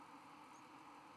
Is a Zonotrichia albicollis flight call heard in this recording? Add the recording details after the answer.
no. Another species' flight call is heard. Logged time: 23:40 on 11 November 2014